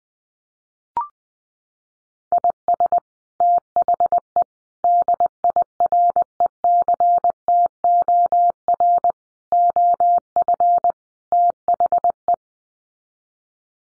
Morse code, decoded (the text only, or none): IS THE DIRECTOR OF THE